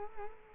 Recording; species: mosquito wingbeat signal from an infrared sensor; Culex quinquefasciatus